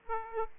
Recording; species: mosquito wingbeat signal from an infrared sensor; Aedes aegypti